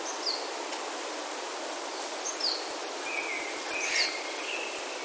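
Asian stubtail song, a very high, thin series of rapid insect-like pulses, growing steadily louder; other birds give short descending notes and a lower whistle.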